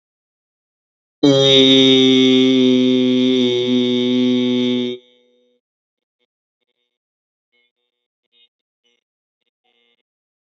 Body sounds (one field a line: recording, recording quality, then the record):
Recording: sustained vowel as in beet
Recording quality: excellent, no background noise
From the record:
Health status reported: exposed to COVID-19, no respiratory illness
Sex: male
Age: 26 years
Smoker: yes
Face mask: not worn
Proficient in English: yes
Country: India